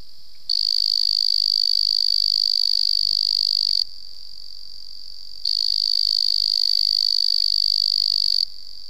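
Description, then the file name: Weidholz's banana frog giving long, high, insect-like buzzing trills, two steady bouts of about three seconds each separated by a short pause. "Afrixalus weidholzi"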